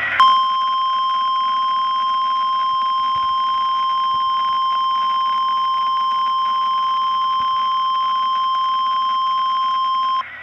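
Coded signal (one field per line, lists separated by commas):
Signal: Emergency Alert System (SAME) tones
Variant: 1050 Hz attention tone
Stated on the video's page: High Wind Warning alert tones.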